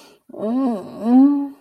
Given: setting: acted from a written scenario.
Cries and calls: vocal sound without words; desire

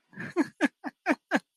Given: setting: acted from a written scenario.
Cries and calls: vocal sound without words; amusement

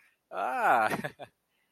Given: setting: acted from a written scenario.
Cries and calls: vocal sound without words; positive surprise

